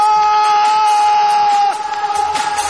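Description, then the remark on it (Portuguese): A crowd screams and cheers in a dense, shrill roar that holds steady for nearly three seconds, dipping slightly in loudness toward the end. “Cadê o grito?”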